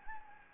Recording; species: mosquito wingbeat signal from an infrared sensor; Anopheles gambiae